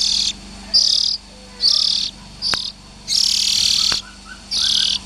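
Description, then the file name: Oriental magpie-robin calling in short and long hoarse hisses at uneven intervals, with a couple of sharp clicks and faint soft notes. Young birds. "Tieng chim chich choe than non"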